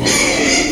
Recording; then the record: squeal of a Yucatan mini pig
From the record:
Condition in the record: before surgery on the right vocal fold (resection and tissue-engineered implant); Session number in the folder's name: 2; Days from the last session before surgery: 0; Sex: male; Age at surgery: 12 weeks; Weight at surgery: 13 kg